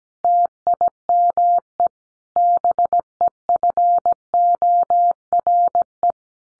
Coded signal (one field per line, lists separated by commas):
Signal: Morse code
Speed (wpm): 17 wpm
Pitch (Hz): 700 Hz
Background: none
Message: TIME BEFORE